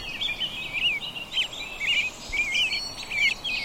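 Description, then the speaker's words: American Robins singing: several overlapping warbled caroling phrases, rising and falling, continuous throughout over a steady background hiss. Several robins singing over each other in a spring dawn chorus on Whidbey Island, Washington. "the robins are just singing on top of each other."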